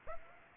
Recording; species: mosquito wingbeat signal from an infrared sensor; Aedes aegypti